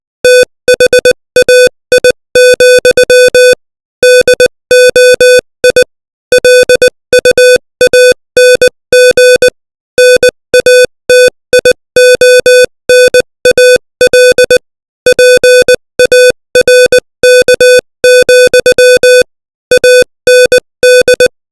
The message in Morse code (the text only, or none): THAI, DOI LUANG NATIONAL PARK, AND